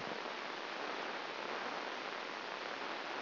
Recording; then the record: brain microelectrode recording played as sound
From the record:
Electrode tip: outside the subthalamic nucleus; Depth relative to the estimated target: 3 mm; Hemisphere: left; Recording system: AlphaMap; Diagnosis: Parkinson's disease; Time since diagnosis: 15 years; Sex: female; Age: 68 years